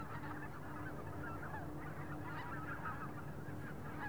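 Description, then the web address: Goose: geese calling as a flock, a dense continuous chatter of overlapping honks with a steady low hum underneath throughout. Big flock passing overhead in an open field in Wendland, autumn, light wind. "Shaping Waves - WENDLAND AUTUMN. Wendland Autumn Open Field Big Goose Swarm Passing Overhead Light Wind"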